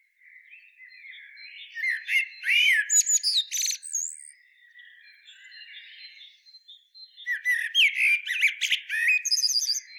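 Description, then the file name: Common blackbird giving soft low warbling, then loud rapid squeaks and sliding whistles, a quieter stretch, and another busy twittering burst. "Turdus merula"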